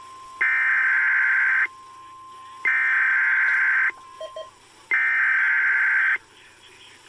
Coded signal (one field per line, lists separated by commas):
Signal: Emergency Alert System (SAME) tones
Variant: header bursts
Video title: EAS 1226 TOA #16